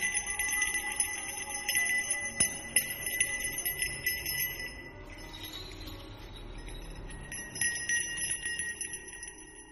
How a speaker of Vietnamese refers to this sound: Âm thanh của cái chuông được thằng Toàn từ từ lắc lên leng ca leng keng.